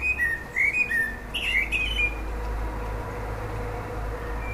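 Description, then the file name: Common blackbird song: a run of short whistled notes and a squeaky flourish at the start, then quiet over a steady low hum. "Turdus merula"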